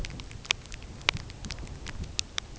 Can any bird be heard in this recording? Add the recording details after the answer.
no. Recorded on Arctic tundra, site UTQI-5, on 13 June 2019. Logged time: 18:00